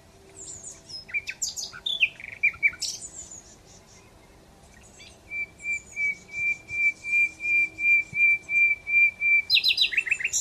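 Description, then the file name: Common Nightingale song, tumbling slurred whistles, then a long series of pure repeated notes on one pitch swelling in loudness, closing with a fast flourish. "Luscinia megarhynchos"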